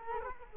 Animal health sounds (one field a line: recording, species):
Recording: mosquito wingbeat signal from an infrared sensor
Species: Culex quinquefasciatus